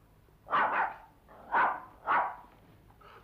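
A small dog named Wimpy barks in short, sharp bursts, four barks spaced out irregularly with brief pauses between them, fairly loud and alone without any voices, in the Spanish dub of the 1980 film El derecho a matar.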